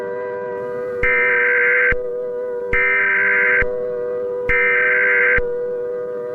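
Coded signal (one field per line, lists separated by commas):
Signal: Emergency Alert System (SAME) tones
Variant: header bursts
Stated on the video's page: Fictional EAS scenario made entirely on PC, with VHS effect.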